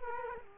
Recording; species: mosquito wingbeat signal from an infrared sensor; Culex quinquefasciatus